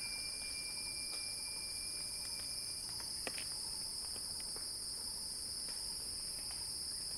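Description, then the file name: Continuous high cicada buzz, strong and even, with a thin whistle-like tone in the first half and a few sharp clicks. Cicada song building as a crescendo. "earth-fm Axel-Drioli Cicada-Crescendo-Sounding-Wild"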